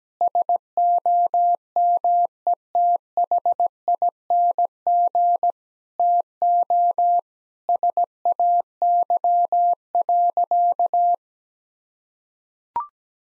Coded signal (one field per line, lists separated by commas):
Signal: Morse code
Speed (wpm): 17 wpm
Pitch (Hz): 700 Hz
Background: none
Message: SOMETHING TO SAY.